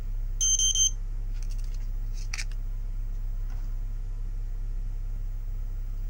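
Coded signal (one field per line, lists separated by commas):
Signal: beep code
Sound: three quick high-pitched beeps, then faint clicks over a constant low hum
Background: electrical hum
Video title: XPSM Test - Poor w/ Sound Problem (8 Beep in 1 min.)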